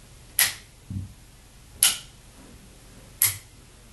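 The sleeve on a clean, working metal FasTest MBE quick-connect test connector is actuated three times and snaps sharply into place each time. Bright clicks sound at 0.4, 1.8 and 3.2 seconds, with a softer low thud near 1.0 seconds. The crisp snapping marks a good connector that seats properly.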